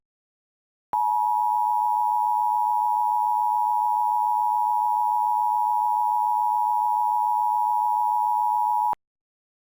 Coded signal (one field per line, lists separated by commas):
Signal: Emergency Alert System (SAME) tones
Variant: 853 and 960 Hz attention tone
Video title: (REQUEST) EAS Mock: New York AMBER Alert